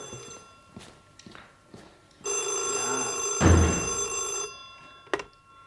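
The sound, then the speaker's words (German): A telephone bell rings in one sustained, bright, metallic burst of about two seconds, with a louder rattling swell midway, preceded and followed by a few soft thumps; no one speaks. “Gut, dass du so lange hast läuten lassen.”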